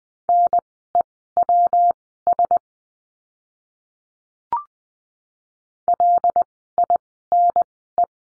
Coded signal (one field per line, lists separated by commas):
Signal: Morse code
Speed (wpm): 20 wpm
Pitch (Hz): 700 Hz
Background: none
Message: NEWS LINE